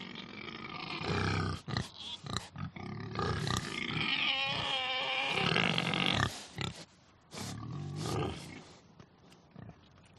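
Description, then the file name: Pig grunting rapidly and roughly, mixed with a long, wavering squeal in the middle, then more grunts fading out. "audio hero Pig"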